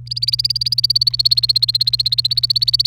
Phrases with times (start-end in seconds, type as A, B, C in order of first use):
0.07-2.87 A